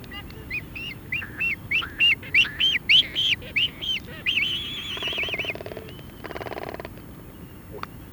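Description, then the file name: Black-footed albatross calls: a regular series of nasal honks about three a second, then a wavering whistle and buzzy rattling sounds. "Black footed Albatross Phoebastria nigripes"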